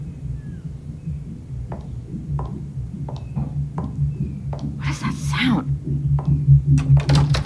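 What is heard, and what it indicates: Fetal heartbeat of a 12-week-old fetus, picked up by Doppler and played through speakers, with a rapid rhythmic whooshing pulse at about 146 beats per minute.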